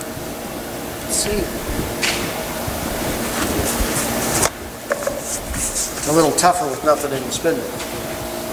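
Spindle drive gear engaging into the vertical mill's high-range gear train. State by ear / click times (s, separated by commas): not seated / none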